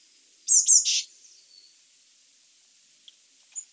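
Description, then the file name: Eurasian blue tit calls, two high thin notes running into a harsh buzzy burst, then quiet with a faint high note near the end. "Cyanistes caeruleus"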